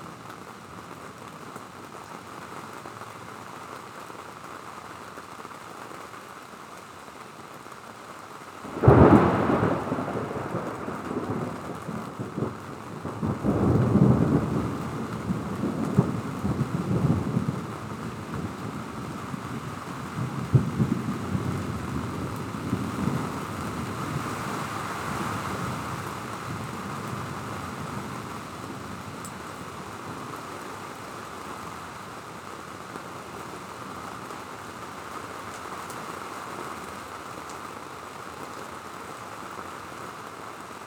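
Steady rain hisses as a sharp thunderclap breaks at nine seconds, followed by long low rumbling rolls that fade back into the rain.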